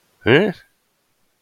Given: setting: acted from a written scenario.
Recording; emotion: vocal sound without words; confusion